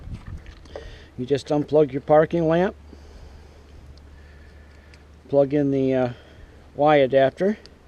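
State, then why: Not seated. A Y-adapter connector is being fitted to the parking lamp harness plug during a plug-and-play grill light install on a 2015-16 Ford F-150 Raptor, with the adapter's plastic locking clip still to be pushed up. Someone talks over faint handling ticks around 0.3 to 0.8 seconds. Nothing has seated or clicked yet.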